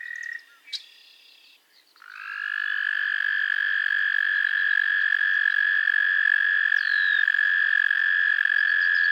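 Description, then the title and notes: Frog chorus: a short trill and a brief chirp, a near-silent gap, then a strong sustained trill running to the end. Chorus of frogs calling to one another on a summer evening at Miners Marsh, Annapolis Valley, Nova Scotia. "Theraphonia - Frogsong at Miners Marsh. A chorus of frogs croon to one another on an idyllic summer evening in Miners Marsh, Annapolis Valley, Nova Scotia"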